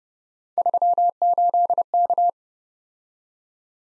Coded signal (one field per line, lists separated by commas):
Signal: Morse code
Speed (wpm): 31 wpm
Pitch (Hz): 700 Hz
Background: none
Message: 38K